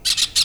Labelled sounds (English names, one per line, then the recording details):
Brown-throated Parakeet contact call
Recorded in Venezuela
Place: Cerro Saroche, Hato Dalmatela, Edo. Lara
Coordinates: 10.149, -69.534